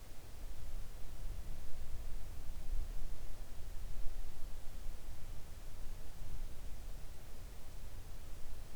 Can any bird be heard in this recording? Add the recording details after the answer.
no. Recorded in the Arctic National Wildlife Refuge, Alaska, on 3 August 2019 at 05:41. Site 41